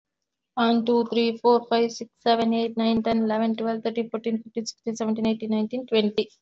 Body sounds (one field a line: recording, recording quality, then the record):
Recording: counting at a normal pace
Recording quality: excellent, no background noise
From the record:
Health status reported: recovered from COVID-19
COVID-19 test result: positive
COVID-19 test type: RT-PCR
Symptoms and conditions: cough, cold, fever, loss of smell and taste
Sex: female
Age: 36 years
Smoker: no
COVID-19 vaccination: both doses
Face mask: worn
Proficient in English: yes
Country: India